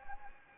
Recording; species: mosquito wingbeat signal from an infrared sensor; Anopheles gambiae